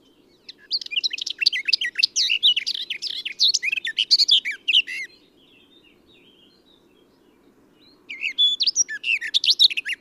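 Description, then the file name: Eurasian blackcap warbling a fast, scratchy and whistled phrase for about four seconds, falling silent, then starting a fresh phrase; low background hum throughout. "Sylvia atricapilla"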